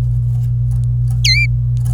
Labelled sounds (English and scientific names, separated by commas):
Domestic Canary (Serinus canaria) song